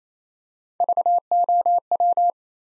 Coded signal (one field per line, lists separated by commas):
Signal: Morse code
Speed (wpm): 27 wpm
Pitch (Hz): 700 Hz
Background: none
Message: VOW